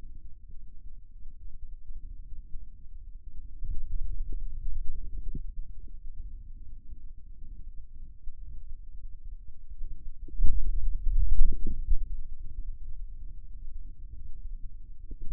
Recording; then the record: forearm muscle sounds (acoustic myography)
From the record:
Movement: finger pinch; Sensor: system 2, bracelet of six BSWA MPA416 microphones around the upper forearm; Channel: 3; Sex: male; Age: 22 years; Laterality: right